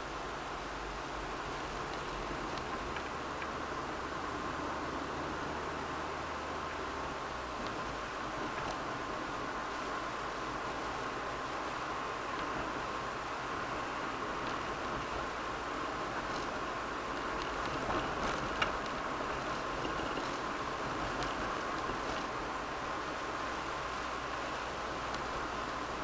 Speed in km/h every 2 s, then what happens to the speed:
40, 42, 43, 43, 44, 45, 46, 47, 47, 46, 48, 48, 46.
0-26 steady at about 46.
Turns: none.